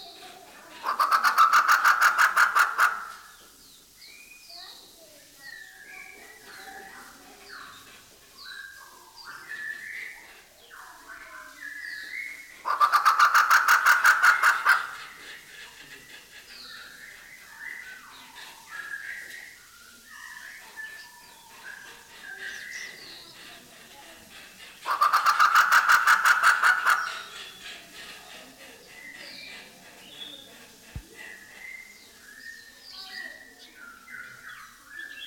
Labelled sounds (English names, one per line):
White-rumped Shama